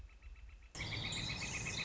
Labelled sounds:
Northern Flicker (Colaptes auratus)
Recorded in Sonoma County, California

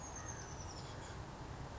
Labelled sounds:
Oak Titmouse (Baeolophus inornatus)
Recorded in Sonoma County, California

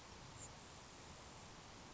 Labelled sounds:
Grasshopper Sparrow (Ammodramus savannarum)
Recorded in Sonoma County, California

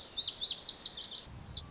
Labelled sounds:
Lazuli Bunting (Passerina amoena)
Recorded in Sonoma County, California

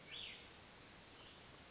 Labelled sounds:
Cassin's Vireo (Vireo cassinii)
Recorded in Sonoma County, California

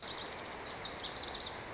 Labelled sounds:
Lazuli Bunting (Passerina amoena)
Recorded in Sonoma County, California

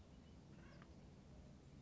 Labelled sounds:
Acorn Woodpecker (Melanerpes formicivorus)
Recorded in Sonoma County, California

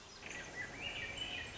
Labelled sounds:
Swainson's Thrush (Catharus ustulatus)
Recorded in Sonoma County, California

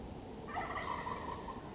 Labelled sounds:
Wild Turkey (Meleagris gallopavo)
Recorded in Sonoma County, California

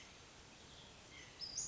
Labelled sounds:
White-breasted Nuthatch (Sitta carolinensis)
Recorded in Sonoma County, California

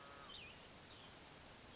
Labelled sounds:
Cassin's Vireo (Vireo cassinii)
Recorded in Sonoma County, California

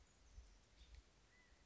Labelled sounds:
California Quail (Callipepla californica)
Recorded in Sonoma County, California

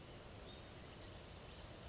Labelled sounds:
California Towhee (Melozone crissalis)
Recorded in Sonoma County, California

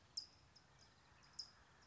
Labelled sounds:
California Towhee (Melozone crissalis)
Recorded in Sonoma County, California

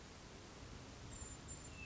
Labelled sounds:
Hermit Thrush (Catharus guttatus)
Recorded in Sonoma County, California

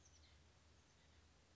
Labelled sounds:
Oak Titmouse (Baeolophus inornatus)
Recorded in Sonoma County, California

